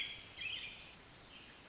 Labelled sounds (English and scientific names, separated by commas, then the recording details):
Pacific Wren (Troglodytes pacificus)
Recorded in Sonoma County, California